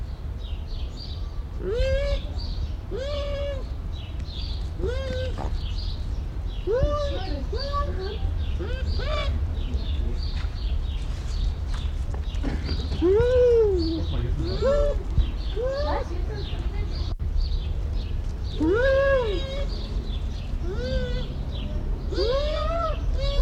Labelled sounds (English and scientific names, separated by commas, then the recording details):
Bush Dog (Speothos venaticus)
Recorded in captivity
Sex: pair
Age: adult
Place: Zoo Berlin, Berlin, DE
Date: 1994-10-01 11:35
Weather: wolkig, z. T. etwas Regen, aufheiternd, 12°C
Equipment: Marantz CP 430, Sennheiser ME 80, Kopie Uher Variocord 263
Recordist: Tembrock, Günter
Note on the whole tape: Paar umherlaufend (längere Stücke), diverse Lautformen, bei Begegnung rhythmische Folgen, z.T. alternierend. Sonst nacheinander laufend, sie manchmal zur Innentür